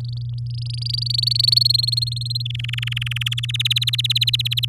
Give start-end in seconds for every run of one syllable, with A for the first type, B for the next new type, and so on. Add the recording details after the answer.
0.00-1.59 A, 1.61-2.42 B, 2.45-3.40 C, 3.43-4.65 D. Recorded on 6 May 2018 at 16:04. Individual llb16